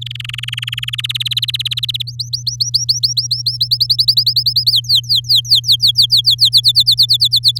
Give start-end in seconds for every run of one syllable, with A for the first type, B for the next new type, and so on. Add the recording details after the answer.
0.01-1.01 A, 1.03-2.02 B, 2.07-3.57 C, 3.60-4.71 D, 4.72-6.49 E, 6.52-7.59 F. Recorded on 7 May 2018 at 14:02. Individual llb16